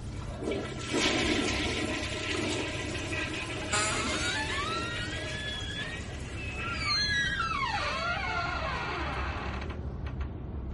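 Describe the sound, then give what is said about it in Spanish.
A toilet cistern in a girls' bathroom flushes with a loud rushing, gurgling roar of water that lasts several seconds, with squealing, whining pipe tones sweeping up and down before the flow drains and fades out. “Entonces, la cisterna volvió a sonar.”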